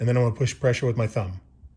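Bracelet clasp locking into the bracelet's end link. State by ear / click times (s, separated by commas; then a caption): not seated / none. Someone talks while handling a Sherman Tank metal link bracelet from The Hero Company, with a finger under the bracelet spreading its two edges apart and thumb pressure about to be applied to close the clasp into the bracelet's end link. Nothing has snapped or seated yet; the clip ends just before the clasp goes home.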